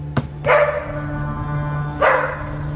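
A dog gives two loud barks about one and a half seconds apart, each a harsh, ringing yelp that trails off, with a sharp click just before the first and a low steady hum throughout.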